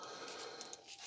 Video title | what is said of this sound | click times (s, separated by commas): Transformers Beast Wars 10th Anniversary WASPINATOR transformed | And then that leg can somewhat be snapped into place. | 0.6 s, 0.7 s